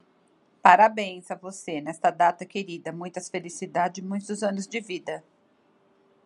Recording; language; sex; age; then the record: short text; Brazilian Portuguese; female; 50 to 59 years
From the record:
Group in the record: control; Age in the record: 55 years